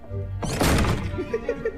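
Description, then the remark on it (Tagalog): A door slams shut hard: one loud, heavy bang with a rattling, booming decay, followed by a few faint murmured vocal sounds. “Isara mo na malakas yung pinto.”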